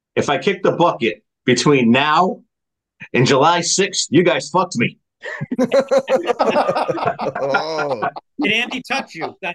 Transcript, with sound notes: if I kick the bucket between now and July 6th, you guys fucked me. (laughing)
Oh.
Andy touched you.